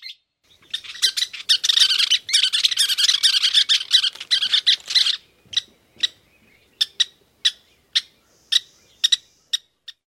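Western Kingbird chatter: a dense run of harsh, squeaky notes lasting several seconds, then scattered single sharp notes.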